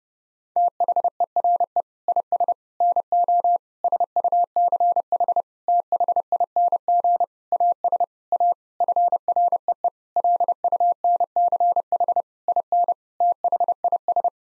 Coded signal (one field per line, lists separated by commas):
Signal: Morse code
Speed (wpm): 32 wpm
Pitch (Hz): 700 Hz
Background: none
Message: THERE IS NO SUCH THING AS A FREE LUNCH IN THIS